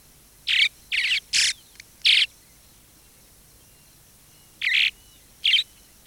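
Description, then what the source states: Southern Martin calls: a run of quick chirps, a pause of over two seconds, then two more chirps. Migratory; nests in the Bahía Blanca area, Argentina, in spring and summer under house eaves or in cliff holes; calm pleasant song in flight, loud excited screech when someone approaches the nest.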